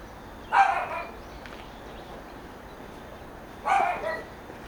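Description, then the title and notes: Dog barking, two short single barks roughly three seconds apart over a steady low background hiss. Rural side of Sinwon-dong, Seocho-gu, Seoul, South Korea; residential housing area. "대한민국 서울특별시 서초구 신원동 - Rural side, Dog barking. Rural side, Dog barking 주택가, 개 짖음"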